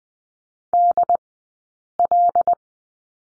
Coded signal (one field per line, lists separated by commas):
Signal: Morse code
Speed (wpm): 20 wpm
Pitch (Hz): 700 Hz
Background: none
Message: DL